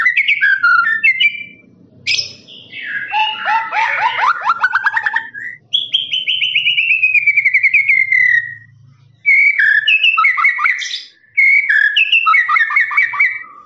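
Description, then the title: Lovebird song, a long trilling chatter: rapid buzzy pulses, then a drawn-out descending trill, then more fast squeaky chattering. Long trilling "ngekek" song of a lovebird, used as a master recording for training birds. "MASTERAN LOVEBIRD NGEKEK PANJANG"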